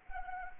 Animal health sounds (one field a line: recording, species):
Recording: mosquito wingbeat signal from an infrared sensor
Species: Anopheles arabiensis